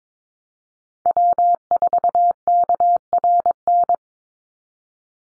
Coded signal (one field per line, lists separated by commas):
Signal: Morse code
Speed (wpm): 22 wpm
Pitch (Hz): 700 Hz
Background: none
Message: W4KRN